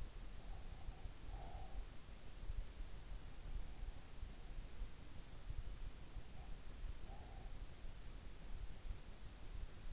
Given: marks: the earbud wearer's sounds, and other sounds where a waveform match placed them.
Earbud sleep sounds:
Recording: sounds in sleep by an in-ear microphone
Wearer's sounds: breath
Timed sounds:
0.00-1.67 s: breath

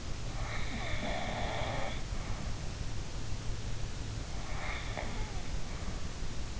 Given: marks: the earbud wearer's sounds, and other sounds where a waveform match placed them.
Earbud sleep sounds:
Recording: sounds in sleep by an in-ear microphone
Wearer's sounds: snoring breath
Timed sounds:
0.73-2.03 s: snoring breath
4.39-5.57 s: snoring breath

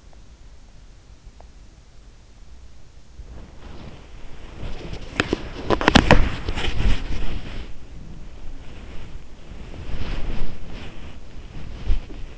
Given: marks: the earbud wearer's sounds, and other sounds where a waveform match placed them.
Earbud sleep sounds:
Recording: sounds in sleep by an in-ear microphone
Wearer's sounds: teeth grinding, body movement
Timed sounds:
0.00-1.59 s: teeth grinding
3.27-7.75 s: body movement
7.87-12.38 s: body movement

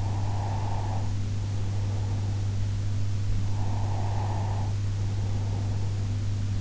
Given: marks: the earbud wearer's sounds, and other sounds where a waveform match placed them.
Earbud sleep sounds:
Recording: sounds in sleep by an in-ear microphone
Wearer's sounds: breath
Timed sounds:
0.02-2.85 s: breath
3.48-6.37 s: breath

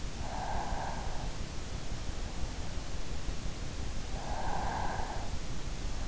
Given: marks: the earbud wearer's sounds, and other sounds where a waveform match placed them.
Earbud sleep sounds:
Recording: sounds in sleep by an in-ear microphone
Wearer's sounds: breath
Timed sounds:
0.01-1.49 s: breath
3.84-5.61 s: breath

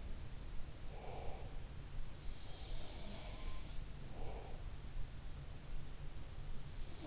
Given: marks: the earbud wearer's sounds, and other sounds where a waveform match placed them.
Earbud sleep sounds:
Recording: sounds in sleep by an in-ear microphone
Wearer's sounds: breath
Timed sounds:
0.68-1.70 s: breath
2.53-3.76 s: sound from someone else or the room
3.96-4.78 s: breath

